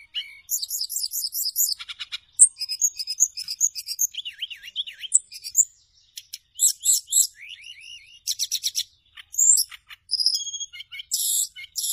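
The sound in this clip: Bird song, a varied run of high chirps, looping downslurred whistles and dry rattling trills, broken by short silences.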